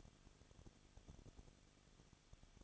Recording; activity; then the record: daily activity, microphone in the room; no activity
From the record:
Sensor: 4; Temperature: 23.1 degrees Celsius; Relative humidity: 34.1%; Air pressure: 1007.3 hPa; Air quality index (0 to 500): 215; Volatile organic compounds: 14 ppm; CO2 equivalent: 2475 ppm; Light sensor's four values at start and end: 2/3/1/1 and 2/3/1/1